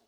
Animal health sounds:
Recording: pig call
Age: piglet (1 to 25 days)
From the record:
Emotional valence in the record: positive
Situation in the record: reunion after long isolation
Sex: female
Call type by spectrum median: low-frequency call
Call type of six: low-frequency tonal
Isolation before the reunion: 8 minutes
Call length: 0.09 s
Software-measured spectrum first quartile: 509 Hz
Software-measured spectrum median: 1464 Hz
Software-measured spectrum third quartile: 5833 Hz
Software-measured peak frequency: 687 Hz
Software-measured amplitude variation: 76 dB a second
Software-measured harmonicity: 1.1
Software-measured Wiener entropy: -1.54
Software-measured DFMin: 556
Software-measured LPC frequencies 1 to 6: 647, 1572, 2897, 4333, 5450, 6297 Hz

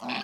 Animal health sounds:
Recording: pig call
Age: piglet (1 to 25 days)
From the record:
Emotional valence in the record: negative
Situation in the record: short isolation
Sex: male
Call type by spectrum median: low-frequency call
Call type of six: mixed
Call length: 0.23 s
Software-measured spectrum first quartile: 577 Hz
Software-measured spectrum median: 1551 Hz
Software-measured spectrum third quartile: 3040 Hz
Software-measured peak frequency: 234 Hz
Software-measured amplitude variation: 86 dB a second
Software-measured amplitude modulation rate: 19.2 a second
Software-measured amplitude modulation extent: 4.5 dB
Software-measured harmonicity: -0.2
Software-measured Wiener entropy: -1.61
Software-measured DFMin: 749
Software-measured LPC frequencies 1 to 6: 838, 1659, 2550, 3425, 4351, 5145 Hz

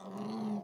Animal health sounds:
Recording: pig call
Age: piglet (1 to 25 days)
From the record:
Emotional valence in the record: negative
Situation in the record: long isolation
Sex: male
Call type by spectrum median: low-frequency call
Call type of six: low-frequency modulated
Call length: 0.64 s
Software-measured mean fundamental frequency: 52 Hz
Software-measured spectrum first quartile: 210 Hz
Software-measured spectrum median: 306 Hz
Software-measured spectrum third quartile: 733 Hz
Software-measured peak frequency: 211 Hz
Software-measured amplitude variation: 100 dB a second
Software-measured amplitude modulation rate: 20.5 a second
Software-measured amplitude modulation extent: 4.9 dB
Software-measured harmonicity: 5.9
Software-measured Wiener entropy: -0.48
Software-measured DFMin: 829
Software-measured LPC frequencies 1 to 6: 942, 2965, 4321, 5969, 8009, 9538 Hz

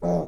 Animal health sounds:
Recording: pig call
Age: piglet (1 to 25 days)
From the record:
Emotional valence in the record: negative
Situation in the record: long isolation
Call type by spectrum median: low-frequency call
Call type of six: low-frequency stable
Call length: 0.28 s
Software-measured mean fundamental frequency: 54 Hz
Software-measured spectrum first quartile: 187 Hz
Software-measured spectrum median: 405 Hz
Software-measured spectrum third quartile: 607 Hz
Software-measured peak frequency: 604 Hz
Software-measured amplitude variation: 108 dB a second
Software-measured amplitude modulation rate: 16.1 a second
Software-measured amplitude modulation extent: 6.7 dB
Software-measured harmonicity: 1.5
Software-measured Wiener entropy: -0.54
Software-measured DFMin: 1153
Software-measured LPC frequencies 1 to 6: 620, 2156, 3531, 5613, 6084, 7710 Hz

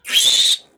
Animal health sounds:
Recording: pig call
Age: piglet (1 to 25 days)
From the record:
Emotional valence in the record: negative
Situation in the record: restrain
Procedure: back test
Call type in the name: high-frequency call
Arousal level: maximum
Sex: male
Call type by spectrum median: high-frequency call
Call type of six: high-frequency stable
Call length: 0.78 s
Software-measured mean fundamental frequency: 233 Hz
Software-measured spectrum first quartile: 3500 Hz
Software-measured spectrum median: 4118 Hz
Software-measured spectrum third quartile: 7176 Hz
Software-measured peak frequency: 3634 Hz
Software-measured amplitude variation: 177 dB a second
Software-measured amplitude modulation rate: 14.0 a second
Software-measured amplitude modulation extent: 12.6 dB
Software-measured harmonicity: 5.8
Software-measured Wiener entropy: -2.56

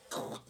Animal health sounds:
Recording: pig call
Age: piglet (1 to 25 days)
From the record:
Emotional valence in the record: negative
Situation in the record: restrain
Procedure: back test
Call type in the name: low-frequency call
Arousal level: medium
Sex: female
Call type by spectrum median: low-frequency call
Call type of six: low-frequency stable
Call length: 0.50 s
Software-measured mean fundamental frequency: 55 Hz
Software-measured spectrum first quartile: 556 Hz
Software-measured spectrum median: 1305 Hz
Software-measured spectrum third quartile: 5113 Hz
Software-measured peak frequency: 503 Hz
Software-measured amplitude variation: 154 dB a second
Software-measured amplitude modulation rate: 18.0 a second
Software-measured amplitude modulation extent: 8.6 dB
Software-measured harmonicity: -0.3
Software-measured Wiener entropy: -2.31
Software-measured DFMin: 1442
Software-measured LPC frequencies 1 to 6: 603, 1175, 3824, 4740, 6169, 6805 Hz

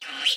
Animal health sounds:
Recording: pig call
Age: piglet (1 to 25 days)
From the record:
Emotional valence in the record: negative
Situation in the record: restrain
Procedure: in the arms of a person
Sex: female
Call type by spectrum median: high-frequency call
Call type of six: mixed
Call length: 0.37 s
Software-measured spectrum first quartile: 2787 Hz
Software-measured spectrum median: 3133 Hz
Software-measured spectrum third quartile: 3763 Hz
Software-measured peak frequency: 3078 Hz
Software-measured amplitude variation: 138 dB a second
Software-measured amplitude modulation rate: 19.0 a second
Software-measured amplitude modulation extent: 7.2 dB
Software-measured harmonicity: 4.5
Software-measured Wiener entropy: -1.86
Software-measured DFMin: 786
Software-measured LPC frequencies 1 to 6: 1559, 3029, 4017, 5136, 5898, 6860 Hz

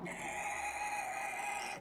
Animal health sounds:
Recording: pig call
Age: piglet (1 to 25 days)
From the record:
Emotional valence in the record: negative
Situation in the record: castration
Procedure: castration, shear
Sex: male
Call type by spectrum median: low-frequency call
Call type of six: high-frequency modulated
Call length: 1.81 s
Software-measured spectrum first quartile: 789 Hz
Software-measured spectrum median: 1641 Hz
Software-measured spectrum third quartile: 3057 Hz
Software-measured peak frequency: 815 Hz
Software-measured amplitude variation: 114 dB a second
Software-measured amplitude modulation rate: 26.3 a second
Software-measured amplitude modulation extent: 4.3 dB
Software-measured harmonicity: 2.8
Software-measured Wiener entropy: -1.52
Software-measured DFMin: 688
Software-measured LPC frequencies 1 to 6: 813, 2016, 2449, 4058, 5527, 6724 Hz

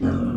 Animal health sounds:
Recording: pig call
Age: growing-finishing pig (85 days or more)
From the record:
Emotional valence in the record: negative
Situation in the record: barren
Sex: male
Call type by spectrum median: low-frequency call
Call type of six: low-frequency modulated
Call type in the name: low-frequency modulated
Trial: 2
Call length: 0.37 s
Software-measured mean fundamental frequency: 46 Hz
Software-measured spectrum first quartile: 166 Hz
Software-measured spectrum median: 247 Hz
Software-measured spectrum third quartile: 367 Hz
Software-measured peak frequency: 249 Hz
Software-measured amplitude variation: 121 dB a second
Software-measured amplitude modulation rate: 24.4 a second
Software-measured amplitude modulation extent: 5.0 dB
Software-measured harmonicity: 3.6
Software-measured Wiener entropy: -0.94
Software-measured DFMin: 876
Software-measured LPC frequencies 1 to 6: 283, 1343, 2840, 3456, 4688, 5525 Hz

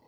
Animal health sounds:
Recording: pig call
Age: piglet (1 to 25 days)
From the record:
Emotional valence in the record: positive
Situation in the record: short reunion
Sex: female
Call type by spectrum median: low-frequency call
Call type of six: low-frequency tonal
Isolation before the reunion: 3 minutes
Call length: 0.07 s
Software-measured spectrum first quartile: 368 Hz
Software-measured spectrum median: 750 Hz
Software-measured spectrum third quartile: 1449 Hz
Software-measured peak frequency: 277 Hz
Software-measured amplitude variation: 32 dB a second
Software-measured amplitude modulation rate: 13.9 a second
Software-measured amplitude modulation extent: 2.3 dB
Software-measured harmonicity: 1.8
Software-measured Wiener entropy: -0.54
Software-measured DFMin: 742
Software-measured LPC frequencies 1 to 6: 461, 886, 2014, 2944, 4374, 5456 Hz

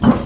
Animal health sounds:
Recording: pig call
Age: growing-finishing pig (85 days or more)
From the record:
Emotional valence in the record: positive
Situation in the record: run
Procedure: transit

